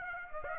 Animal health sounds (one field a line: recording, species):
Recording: mosquito wingbeat signal from an infrared sensor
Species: Aedes aegypti